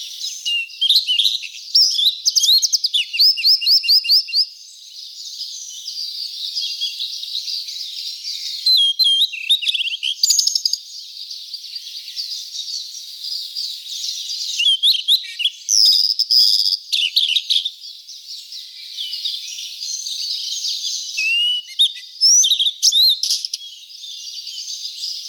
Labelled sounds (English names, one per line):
Blue-and-white Flycatcher song